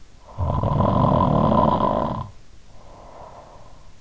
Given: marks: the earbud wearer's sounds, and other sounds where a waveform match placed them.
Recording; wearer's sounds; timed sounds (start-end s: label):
sounds in sleep by an in-ear microphone; snoring breath
0.01-3.78 s: snoring breath